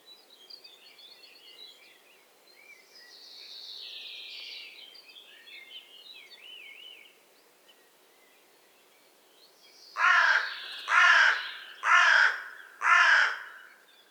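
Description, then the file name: Carrion crow cawing, four harsh loud caws about a second apart near the end, after softer chattering and whistled calls from other birds earlier. "Corvus corone"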